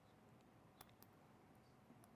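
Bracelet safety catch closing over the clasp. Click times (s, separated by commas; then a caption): 0.8 s, 1.0 s, 2.0 s. After the main clasp of a bracelet closes, its double safety catches, on a closure set with diamonds and sapphires, are snapped shut. Small sharp ticks sound at 0.8, 1.0 and 2.0 seconds over a quiet background. The safety catches click closed and are seated over the clasp.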